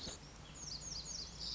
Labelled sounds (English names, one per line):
Lazuli Bunting